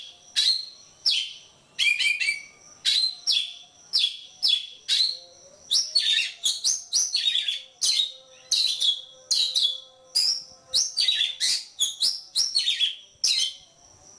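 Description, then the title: Oriental magpie-robin song, a fast medley of piercing whistles and scratchy notes in quick phrases separated by short gaps. Kacer poci form; national champion competition bird; chatty (gacor) singer using nembak (shooting) and ngerol (rolling) song styles; seven song types every three minutes. "Kacer Poci Gacor Nembak Dan Ngerol Juara Nasional. 7 macam suara kacer setiap 3 menit"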